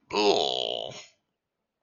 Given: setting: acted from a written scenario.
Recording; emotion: vocal sound without words; disgust